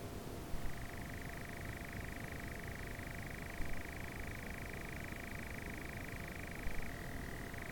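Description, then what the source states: Nightjar churr starting after a moment of quiet, a long rattling trill that shifts down in pitch near the end, over low rumbling noise. More than one nightjar.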